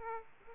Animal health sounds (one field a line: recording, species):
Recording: mosquito wingbeat signal from an infrared sensor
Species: Aedes aegypti